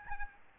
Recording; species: mosquito wingbeat signal from an infrared sensor; Aedes albopictus